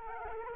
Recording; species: mosquito wingbeat signal from an infrared sensor; Culex quinquefasciatus